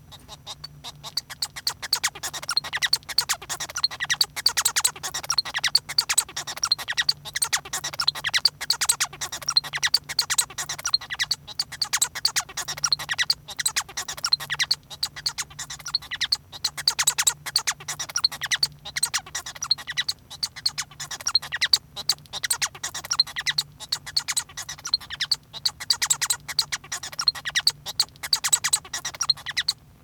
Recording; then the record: song of a male Bengalese finch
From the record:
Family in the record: son of father 1